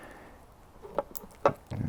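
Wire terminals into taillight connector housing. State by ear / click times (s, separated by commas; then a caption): seated / 1.0 s, 1.5 s. The black and yellow wire terminals are pushed into the plastic connector housing of a Metalcloak taillight on the passenger side of a Jeep TJ. Two sharp snaps are heard at 1.0 s and 1.5 s, with a faint tick and some low handling noise around them. Both terminals snap into place and are seated.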